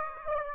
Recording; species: mosquito wingbeat signal from an infrared sensor; Aedes aegypti